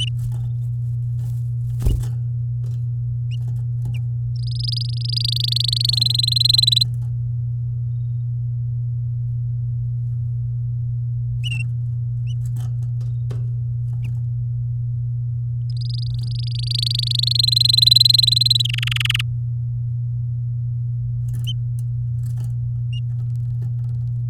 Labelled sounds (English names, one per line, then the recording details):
Domestic Canary song
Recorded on 9 May 2018 at 08:22
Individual llb16